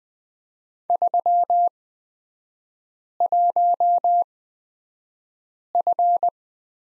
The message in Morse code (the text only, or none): 31F